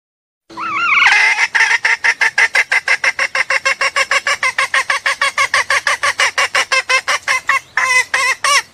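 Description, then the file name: Junglefowl calling with a rising squawk, then a long, fast, even series of harsh clucks, about three per second, ending in a few longer notes. Female junglefowl calling to solicit mating. "suara ayam hutan betina minta kawin"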